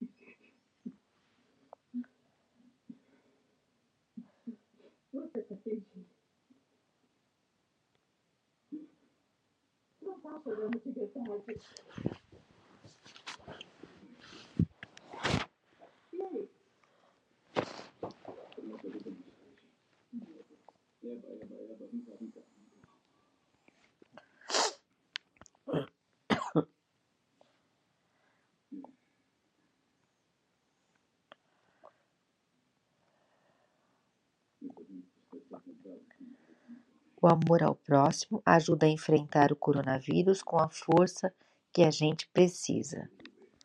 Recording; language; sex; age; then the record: spoken sentence; Brazilian Portuguese; female; 50 to 59 years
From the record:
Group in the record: control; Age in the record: 53 years